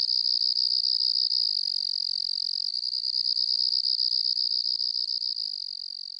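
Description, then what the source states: Cricket giving a continuous shrill trill of rapid pulses. It stays loud and even, then fades slightly near the end. Loud singing at night.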